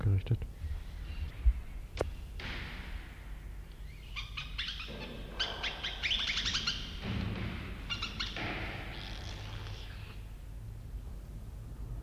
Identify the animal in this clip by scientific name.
Potos flavus